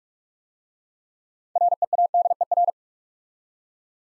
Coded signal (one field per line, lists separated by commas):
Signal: Morse code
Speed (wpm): 46 wpm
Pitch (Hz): 700 Hz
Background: none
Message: READER